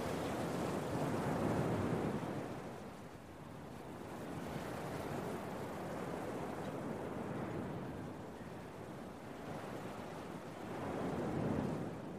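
Beach waves wash in with a steady roar, swelling loudest around two seconds and again near eleven seconds, easing slightly between. The sound is dense and low-heavy, with a constant hiss above and some rumbling wind noise underneath.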